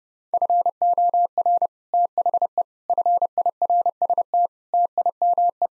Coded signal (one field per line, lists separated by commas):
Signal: Morse code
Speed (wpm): 30 wpm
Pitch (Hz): 700 Hz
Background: none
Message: FOR THE FIRST TIME